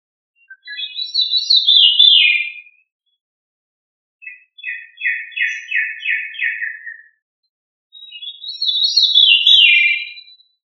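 Thrush repeating its phrases: a falling cascade of high notes, a steady run of repeated chirps, then the falling cascade again, separated by short silences.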